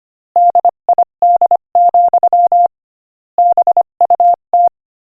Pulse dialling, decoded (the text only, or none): none